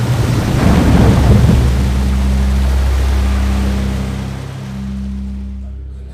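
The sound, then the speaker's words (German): A huge flood wave lifts and crashes over a boat: a loud, roaring rush of water surges and crashes for several seconds over a deep, steady engine-like rumble, then slowly subsides into a lower churning wash. “Boot wurde von einer gewaltigen Flutwelle gehoben und”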